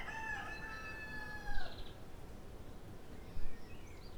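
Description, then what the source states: Rooster crowing: one long harmonic crow lasting nearly two seconds, over a low rumbling background. Country ambience.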